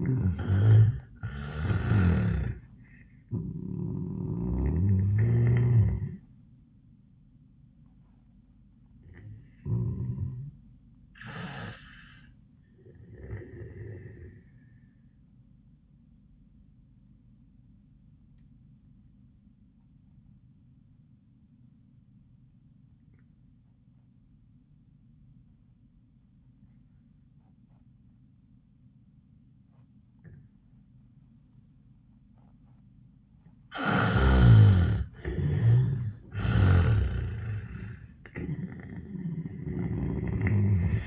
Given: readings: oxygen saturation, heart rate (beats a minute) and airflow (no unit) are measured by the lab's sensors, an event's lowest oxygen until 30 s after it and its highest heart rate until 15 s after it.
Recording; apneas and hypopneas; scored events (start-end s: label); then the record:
breathing in sleep by a smartphone at the bedside; 1
10.00-33.40 s: obstructive apnea (N1, oxygen 97% highest, then 75% lowest, heart rate 93 at the start, 97 highest)
From the record:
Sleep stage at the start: N1 (lightest sleep); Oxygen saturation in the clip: 79 to 97%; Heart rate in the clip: 85 to 99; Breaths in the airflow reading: 4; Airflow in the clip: -20.6 to 9.6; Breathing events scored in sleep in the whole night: 400 in 8.7 hours asleep